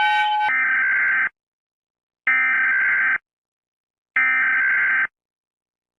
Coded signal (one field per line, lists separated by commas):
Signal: Emergency Alert System (SAME) tones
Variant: header bursts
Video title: Rating EAS Alarms A-Z Again: The Come Back! (Birthday Special)